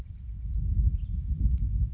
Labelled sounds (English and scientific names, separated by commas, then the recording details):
Western Tanager (Piranga ludoviciana)
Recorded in Sonoma County, California